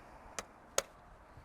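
A mains hookup cable plug is released from a camper power inlet socket by pressing the blue release lever down and pulling the plug out. A light tick at 0.4 s is followed by a louder, sharp click at 0.8 s as the plug comes free, and the plug is released.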